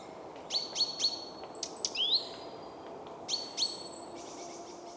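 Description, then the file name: Great tit calling with a run of short high chips and one upward-sweeping whistle, then two more chips, above constant low background noise. "Parus major"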